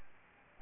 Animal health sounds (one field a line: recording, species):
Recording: mosquito wingbeat signal from an infrared sensor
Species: Aedes albopictus